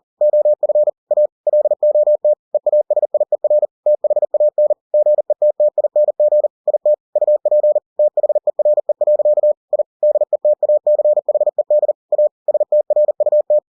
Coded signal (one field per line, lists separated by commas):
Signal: Morse code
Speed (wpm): 40 wpm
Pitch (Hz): 600 Hz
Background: none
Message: OF A LOT EASIER THAN GETTING IT UP THERE. I DETACHED A STRUT